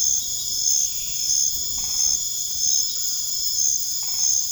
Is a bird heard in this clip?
no